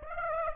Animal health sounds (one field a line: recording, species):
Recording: mosquito wingbeat signal from an infrared sensor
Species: Aedes aegypti